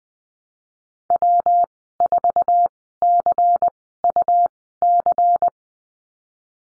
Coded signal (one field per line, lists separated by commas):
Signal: Morse code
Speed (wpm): 20 wpm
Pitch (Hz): 700 Hz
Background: none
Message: W4CUC